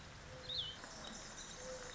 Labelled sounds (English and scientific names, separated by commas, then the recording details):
Mourning Dove (Zenaida macroura)
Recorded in Sonoma County, California